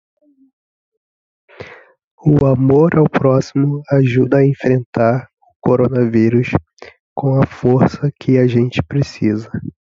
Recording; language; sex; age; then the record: spoken sentence; Brazilian Portuguese; male; 20 to 29 years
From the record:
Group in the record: control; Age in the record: 24 years